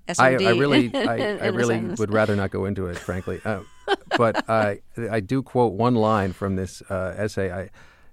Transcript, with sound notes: I really would rather not go into it, frankly.
(Laughter).
But I do quote one line from this essay.